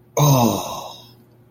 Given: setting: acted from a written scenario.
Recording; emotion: vocal sound without words; embarrassment